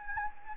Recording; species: mosquito wingbeat signal from an infrared sensor; Anopheles gambiae